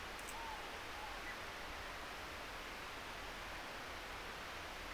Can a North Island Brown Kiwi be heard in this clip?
no